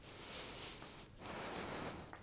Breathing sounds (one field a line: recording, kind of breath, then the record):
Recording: one breath in and out by a microphone near the nose and mouth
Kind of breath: strong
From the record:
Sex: male